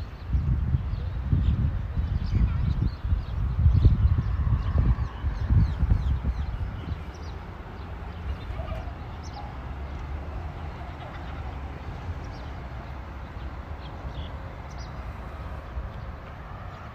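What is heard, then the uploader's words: A walk through a city park in Modiin, Israel. For the first seven seconds low rumbling thumps and rustles dominate, then they drop away to a steady, quieter hum. Faint short chirps flick in and out throughout, with a brief tone near the nine-second mark. City Park Sounds. Walking In Modiin, Israel.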